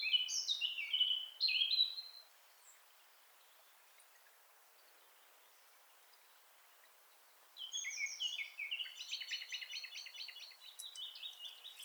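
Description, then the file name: Eurasian blackcap song: a short fluty warble, a long silence, then a longer phrase of scratchy chattering notes mixed with whistles. "Sylvia atricapilla"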